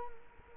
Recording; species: mosquito wingbeat signal from an infrared sensor; Culex quinquefasciatus